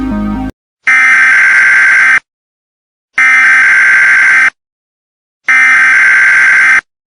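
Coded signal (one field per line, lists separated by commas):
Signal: Emergency Alert System (SAME) tones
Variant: header bursts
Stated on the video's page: Fictional EAS scenario about an AI after a runaway greenhouse effect.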